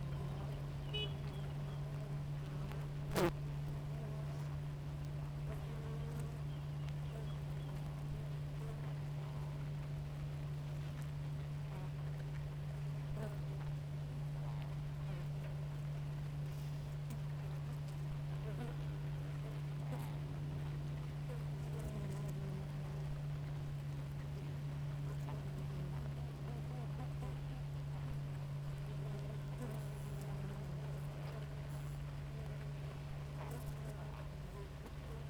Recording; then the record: honeybee colony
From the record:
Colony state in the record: active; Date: 28 July 2017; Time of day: 6:28